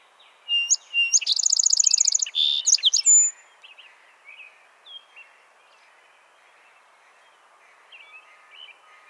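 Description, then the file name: Song sparrow singing one full phrase of clear introductory notes, a fast bright trill, a buzzy note and sharp closing notes, followed by soft scattered chirps. "Melospiza melodia - Song Sparrow"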